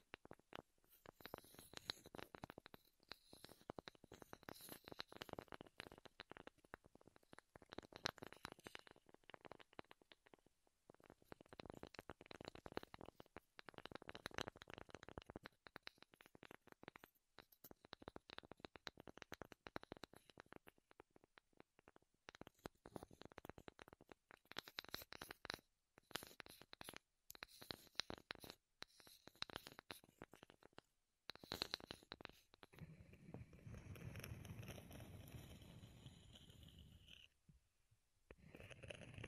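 ASMR wood triggers: dense, irregular tapping, scratching and rubbing on wood, with quick bursts of crisp clicks that crowd together and briefly break off. Near the end a softer, lower rumbling rub takes over for a few seconds before a short pause.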